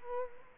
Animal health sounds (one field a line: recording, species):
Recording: mosquito wingbeat signal from an infrared sensor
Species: Culex quinquefasciatus